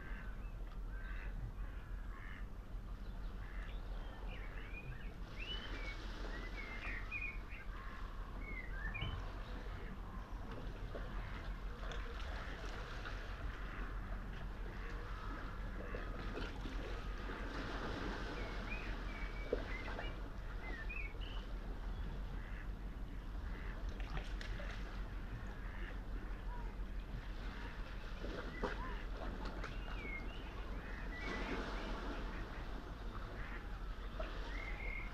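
Early morning sea below Nothe Fort, heard from a tree by boulders at the water's edge: a smooth, steady wash of water with a low rumble underneath. Scattered bird calls and chirps come through often, busiest in the middle and near the end.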